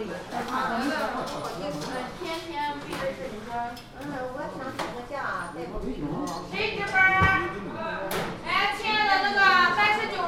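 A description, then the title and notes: Voices at a hospital nurses' station talk almost without pause, several people overlapping, including a woman's voice. Brief clicks and knocks cut in around seven and eight seconds, and a steady low hum runs underneath throughout. Qingdao Hospital Pancreatic Surgery Nurses Station. Hepatobiliary and pancreatic surgery nurse’s station on the west coast.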